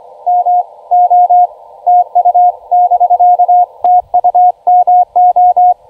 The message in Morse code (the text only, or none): MO TU <BK> TU MO